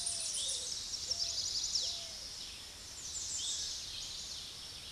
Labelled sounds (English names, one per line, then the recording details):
American Redstart song
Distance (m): 30 m
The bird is about 5 m above the microphone
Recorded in a Pennsylvania forest on 16 May 2024 at 06:10
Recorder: AudioMoth, point MSD-0263
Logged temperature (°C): 16.0 °C
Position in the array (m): 107 m, 235 m